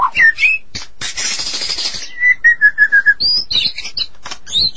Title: Suara Burung Murai